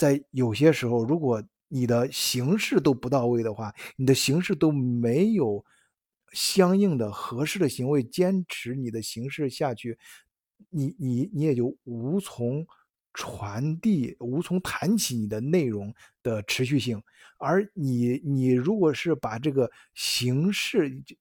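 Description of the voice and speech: Adult man speaking Mandarin in a fluent-sounding monologue broken by whole-word repetitions ('ni-ni-ni') and drawn-out fillers, fitting mild stuttering. He stuttered severely as a child, and the stutter still comes on suddenly at times.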